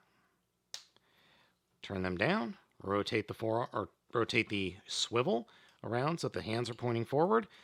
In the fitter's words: the forearms out flip out the fists and they snap into place turn